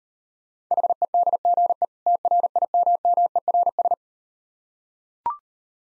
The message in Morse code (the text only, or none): HEDGE TRIMMERS